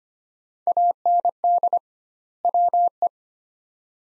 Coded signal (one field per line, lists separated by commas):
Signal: Morse code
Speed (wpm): 25 wpm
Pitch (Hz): 700 Hz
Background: none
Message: AND WE